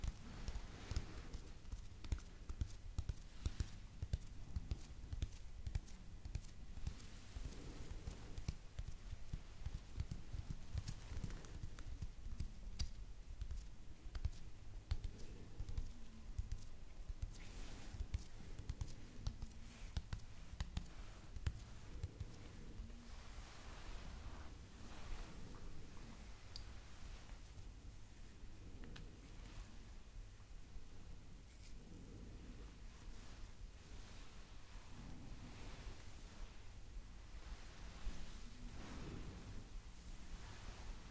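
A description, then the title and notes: A massage recording made of soft rubbing and rustling on skin or fabric, with frequent small taps and crackles scattered throughout. The texture stays steady and dense for the whole length, with a low rumble underneath. ASMR Massage For Relaxation.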